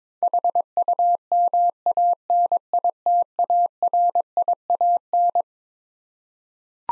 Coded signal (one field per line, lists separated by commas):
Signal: Morse code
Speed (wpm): 22 wpm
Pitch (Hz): 700 Hz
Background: none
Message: HUMANITARIAN